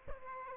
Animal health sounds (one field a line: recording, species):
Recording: mosquito wingbeat signal from an infrared sensor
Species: Aedes albopictus